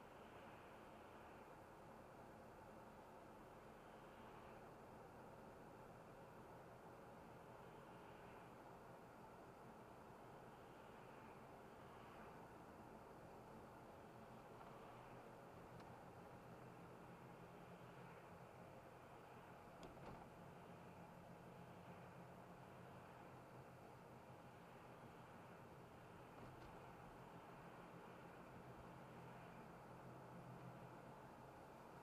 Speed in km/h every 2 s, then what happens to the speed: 42, 43, 44, 45, 44, 45, 44, 46, 47, 46, 47, 46, 46, 44, 46, 46.
0-32 steady at about 45.